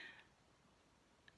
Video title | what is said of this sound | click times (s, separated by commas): Durkopp 1031 - Winding a Bobbin (part 2 of 6) | and where it locks in place on the little spring so | 1.3 s